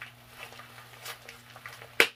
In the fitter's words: you can hear it snap